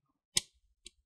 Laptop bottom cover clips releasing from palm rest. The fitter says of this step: all around in the front you want to hear that clicks those are the clips that are getting loose you want to do that